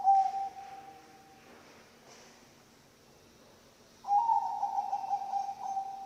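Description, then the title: Zebra dove purring song: a phrase trails off at the start, quiet follows, then a new burst of rapid, buzzy coos about four seconds in. Bangkok-type zebra dove (perkutut bangkok) song, used as a master recording for training birds (masteran) and for luring (pancingan). "mster Mnuk. SUARA OCEHAN BURUNG PERKUTUT BANGKOK Untuk MASTERAN dan PANCINGAN"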